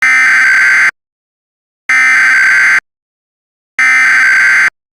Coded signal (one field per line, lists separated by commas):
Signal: Emergency Alert System (SAME) tones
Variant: header bursts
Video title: Eas: sneakers o toole invasion part 1 the authority killing